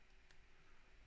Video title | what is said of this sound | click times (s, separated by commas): CaseyBuilds - Lego Porsche 911 GT3 RS (42056) - Part 1 | like so. Click. | 0.3 s